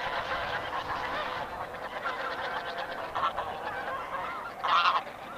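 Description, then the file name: Bean goose flock calling in a dense, continuous chatter of honks, with one louder nasal honk standing out near the end. "hisikui"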